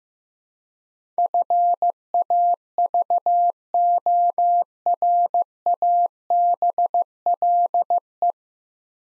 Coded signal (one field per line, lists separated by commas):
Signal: Morse code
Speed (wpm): 15 wpm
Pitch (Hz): 700 Hz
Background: none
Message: FAVORABLE